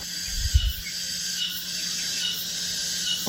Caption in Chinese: 耳鸣啊是一种叫声音幻觉，它是在外界环境中没有声源的情况下呢，它 感觉到耳内啊或颅内产生声音。 最常见的耳鸣呢，一般是蝉鸣。 这个就是蝉鸣。 像有蝉在叫。